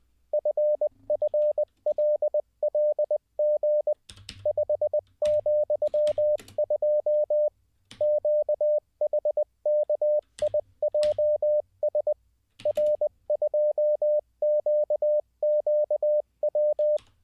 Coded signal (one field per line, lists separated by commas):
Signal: Morse code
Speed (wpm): 20 wpm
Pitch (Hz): 600 Hz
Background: none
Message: FFLLG 5,2 QHKIJS R2QQW